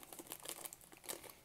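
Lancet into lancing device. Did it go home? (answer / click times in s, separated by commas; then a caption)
no / none. A new single-use lancet is taken out and handled before being pushed into an Accu-Chek Instant lancing device until fully seated, since a fresh one is used each time. Crinkling packaging sounds come with sharp little ticks at about 0.0, 0.1, 0.3, 0.5, 0.7 and 1.1 seconds. The lancet has not yet seated or clicked into place.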